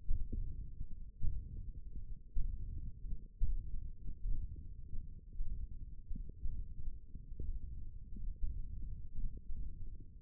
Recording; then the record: forearm muscle sounds (acoustic myography)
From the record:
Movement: thumb flexion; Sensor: system 1, eight BSWA MPA416 microphones around the upper forearm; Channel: 4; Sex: male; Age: 21 years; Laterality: right